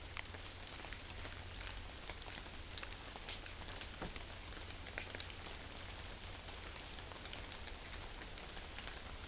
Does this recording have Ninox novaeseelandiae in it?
no